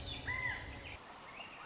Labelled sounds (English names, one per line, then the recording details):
Swainson's Thrush
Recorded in Sonoma County, California